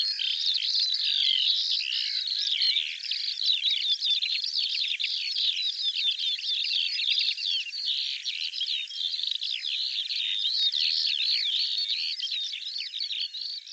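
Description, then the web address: Bird song, a sustained torrent of shrill rapid notes and buzzy trills, dense and steady in loudness from start to finish. Audio cleaned and normalized. "cianscape birddata Deverinetal 2025 File cleaned normalized Bird Al Ar"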